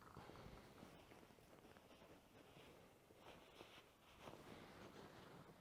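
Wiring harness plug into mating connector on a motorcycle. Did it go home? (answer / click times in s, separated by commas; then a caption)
no / none. A greased plastic wiring harness plug is pushed into its mating connector on a Yamaha YZ 250FX dirt bike, with only a broadband rustling hiss and low rumble heard throughout. The connector has not clicked or seated yet.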